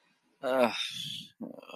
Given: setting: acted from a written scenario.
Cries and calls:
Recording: vocal sound without words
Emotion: guilt

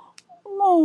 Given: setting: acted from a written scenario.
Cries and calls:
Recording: vocal sound without words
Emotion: sadness

